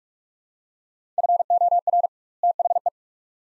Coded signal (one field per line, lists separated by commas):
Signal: Morse code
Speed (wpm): 47 wpm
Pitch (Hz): 700 Hz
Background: none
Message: FOR THE